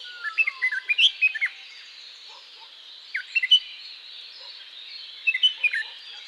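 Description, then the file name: Red-whiskered bulbul singing brief lively phrases of quick whistled chirps, three bursts separated by pauses, over a constant high hiss, with a gliding whistle at the start. "Red whiskered Bulbul Pycnonotus jocosus"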